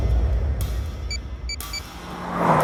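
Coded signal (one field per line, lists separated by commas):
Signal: none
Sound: car lock chirp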